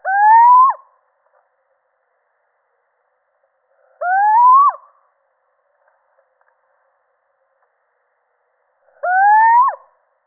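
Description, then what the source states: Little owl giving three rising hoots, spaced roughly four to five seconds apart, each finishing with a quick downward slide; the background stays silent. Male.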